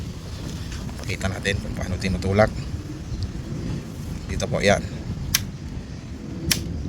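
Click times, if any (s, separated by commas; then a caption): 5.3 s, 6.5 s. A miniature circuit breaker has its two lock tabs pushed onto the DIN rail in a panel while someone talks. Two sharp clicks sound at 5.4 s and 6.5 s as the locks snap home, and the breaker is seated and locked on the rail.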